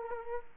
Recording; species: mosquito wingbeat signal from an infrared sensor; Aedes aegypti